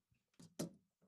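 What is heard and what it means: During assembly of a Snapmaker U1 3D printer, a small part with a pin is fed through a hole at the back of the frame and pressed until it snaps into place. Soft handling rustles lead up to a sharp snap at 0.6 s, followed by faint handling noise. The part seats.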